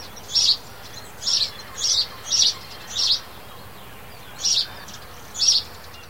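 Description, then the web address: House sparrow chirps, harsh and noisy, given singly in a loose series with one longer pause, over steady background noise. "bird-calls sparrow house"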